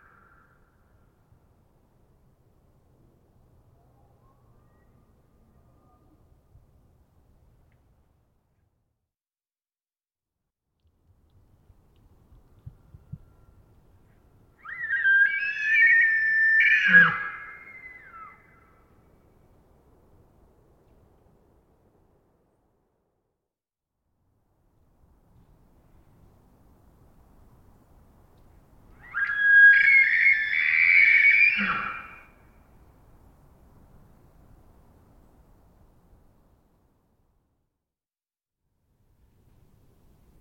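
Two elk screams ring out in otherwise near-silent surroundings, one at about 15 seconds and another near 29 seconds, each lasting a few seconds. The calls are high, shrill and wavering, with a low grunting undertone at their end. Faint low rumbles fill the quiet gaps.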